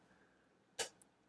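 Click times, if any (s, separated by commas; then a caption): 0.8 s. A SO-DIMM memory module is pressed fully down into the slot latches of a Mid 2007 Mac Mini, giving a sharp, bright click at 0.8 s, followed by two faint ticks near 1.0 s and 1.4 s. The module is seated and locked in place, with only a tiny line of its gold conductors showing.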